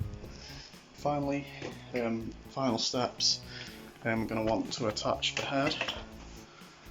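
Someone talks while handling the head of a life-size animated Halloween butler prop by Gemmy, sold by ASDA in 2008, getting ready to push it onto the body/neck mount connector. The head has not yet been pushed home and nothing has seated or clicked yet.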